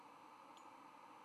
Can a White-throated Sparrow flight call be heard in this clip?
no